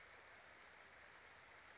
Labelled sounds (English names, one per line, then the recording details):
Western Flycatcher
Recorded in Sonoma County, California